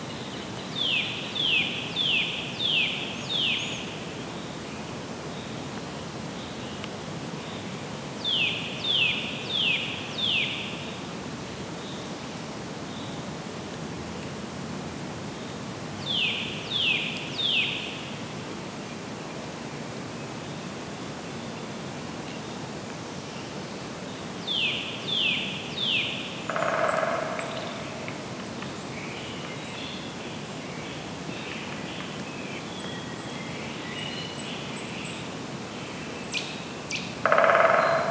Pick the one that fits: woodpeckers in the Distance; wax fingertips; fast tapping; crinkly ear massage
woodpeckers in the Distance